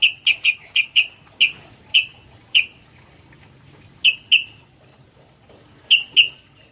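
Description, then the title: Sooty-headed bulbul calling with a rapid burst of sharp, bright chirps, then spaced single chirps and pairs, against a faint low hum. "kutilang"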